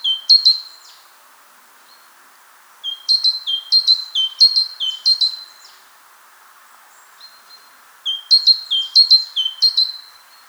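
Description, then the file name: Great tit singing three bursts of quick, repeated two-note phrases, high then lower, with quiet gaps between. "Parus major"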